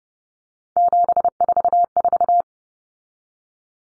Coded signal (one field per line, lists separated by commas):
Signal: Morse code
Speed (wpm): 30 wpm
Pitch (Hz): 700 Hz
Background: none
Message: 744